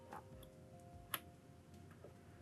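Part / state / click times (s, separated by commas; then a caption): audio jack plug into mixer insert socket / partly seated / 1.1 s. A TS/TRS jack plug is pushed halfway into a mixer insert jack, giving faint ticks before a single sharp click at 1.1 seconds over a low steady hum. The plug stops at the first detent and stays only partly inserted, so the signal can be tapped from the insert as a direct output.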